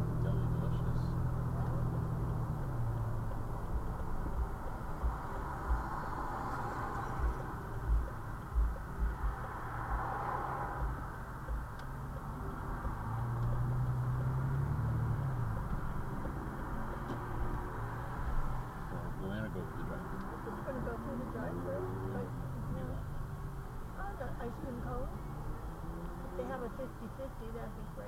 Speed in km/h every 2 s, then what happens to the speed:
31, 27, 24, 13, 13, 11, 16, 13, 8, 3, 8, 8, 2, 3.
0-7 slows to 13. 7-13 steady at about 13. 13-17 slows to 3. 17-28 steady at about 3.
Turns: 8-13.